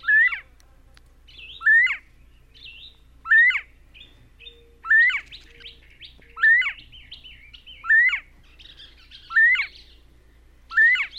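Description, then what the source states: Bobwhite hoy call: short upslurred whistled notes, repeated about every one and a half seconds. Hoy call, heard more year-round than the bob-white call; bobwhites form coveys of 20 to 30 birds, usually both sexes mixed.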